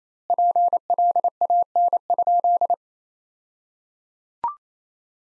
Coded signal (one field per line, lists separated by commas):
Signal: Morse code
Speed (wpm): 27 wpm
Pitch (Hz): 700 Hz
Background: none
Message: PLAN?